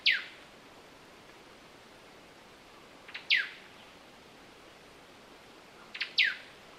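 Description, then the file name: White-browed robin calls: sharp descending whistled notes sliding from high to lower pitch, repeated about every three seconds, some preceded by a faint short note, over quiet background hiss. "Poecilodryas Superciliosa"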